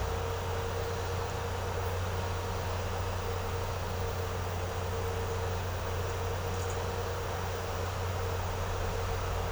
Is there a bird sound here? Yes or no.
no